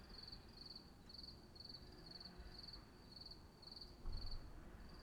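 Cricket chirps in short high-pitched bursts, about two per second, over low rumbling background noise with a brief louder thump near the end.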